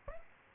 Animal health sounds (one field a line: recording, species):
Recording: mosquito wingbeat signal from an infrared sensor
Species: Aedes aegypti